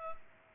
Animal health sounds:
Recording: mosquito wingbeat signal from an infrared sensor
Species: Culex pipiens

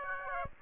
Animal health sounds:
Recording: mosquito wingbeat signal from an infrared sensor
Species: Aedes aegypti

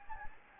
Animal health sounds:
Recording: mosquito wingbeat signal from an infrared sensor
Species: Anopheles gambiae

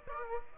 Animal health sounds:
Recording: mosquito wingbeat signal from an infrared sensor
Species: Aedes aegypti

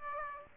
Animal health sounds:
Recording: mosquito wingbeat signal from an infrared sensor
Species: Aedes aegypti

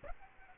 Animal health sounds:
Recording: mosquito wingbeat signal from an infrared sensor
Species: Aedes aegypti

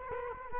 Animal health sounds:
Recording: mosquito wingbeat signal from an infrared sensor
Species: Culex quinquefasciatus

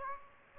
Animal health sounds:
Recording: mosquito wingbeat signal from an infrared sensor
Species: Aedes aegypti

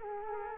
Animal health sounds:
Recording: mosquito wingbeat signal from an infrared sensor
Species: Culex quinquefasciatus

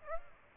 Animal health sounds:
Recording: mosquito wingbeat signal from an infrared sensor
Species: Aedes aegypti

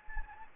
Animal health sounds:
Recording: mosquito wingbeat signal from an infrared sensor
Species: Anopheles gambiae

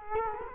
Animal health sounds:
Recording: mosquito wingbeat signal from an infrared sensor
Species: Culex quinquefasciatus

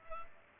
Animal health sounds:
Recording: mosquito wingbeat signal from an infrared sensor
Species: Culex pipiens

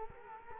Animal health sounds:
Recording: mosquito wingbeat signal from an infrared sensor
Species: Culex quinquefasciatus

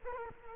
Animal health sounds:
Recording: mosquito wingbeat signal from an infrared sensor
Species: Culex quinquefasciatus

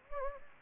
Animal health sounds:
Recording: mosquito wingbeat signal from an infrared sensor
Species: Anopheles gambiae

